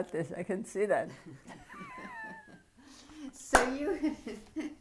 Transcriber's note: laughs